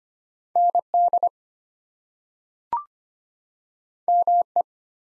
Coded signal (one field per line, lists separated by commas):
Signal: Morse code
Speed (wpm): 25 wpm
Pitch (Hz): 700 Hz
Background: none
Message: ND ME